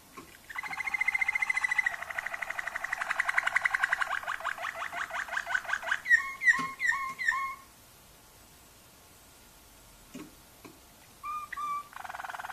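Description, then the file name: Waterslager canary song: a buzzy rolling trill, then short swooping notes, a silent stretch, a few faint clicks and a final brief burst of trill. Song variations of a Waterslager canary. "kenari waterslager variasi omkicau"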